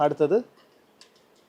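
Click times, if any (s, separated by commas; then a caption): none. Someone talks briefly at the start while handling the seat belt buckle on a transfer wheelchair to apply the seat belt, followed by quiet handling noise and a faint tick around 1.0 s. Nothing has seated or clicked yet; the buckle has not gone home by the end of the clip.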